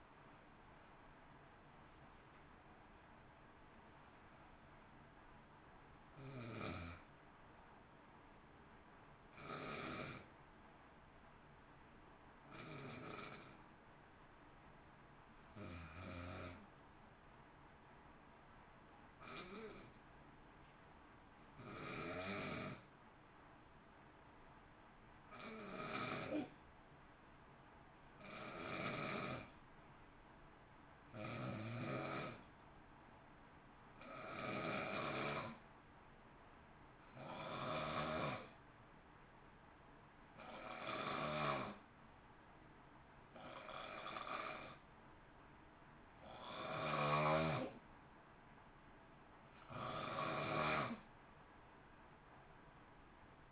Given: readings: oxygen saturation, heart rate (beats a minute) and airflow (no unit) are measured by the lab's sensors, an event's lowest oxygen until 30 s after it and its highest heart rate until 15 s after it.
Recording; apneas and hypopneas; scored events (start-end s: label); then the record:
breathing in sleep by a voice recorder at the bedside; 1
1.00-31.00 s: new sleep stage, N1 (lightest sleep)
10.00-49.20 s: hypopnea (N1, oxygen 95% highest, then 88% lowest, heart rate 53 at the start, 63 highest)
31.00-53.52 s: new sleep stage, N2 (light sleep)
From the record:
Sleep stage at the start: N2 (light sleep); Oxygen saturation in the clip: 86 to 95%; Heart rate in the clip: 53 to 61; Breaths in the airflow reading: 17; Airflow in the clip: -0.8 to 0.8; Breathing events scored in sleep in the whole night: 328 in 6.3 hours asleep